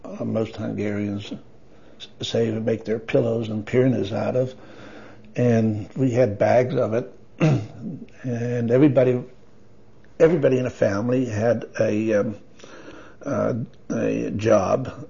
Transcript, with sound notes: most Hungarians-- save and make their pillows and pyrnas out of, and we had bags of it, (clears throat) and everybody, everybody in the family had a um, a job--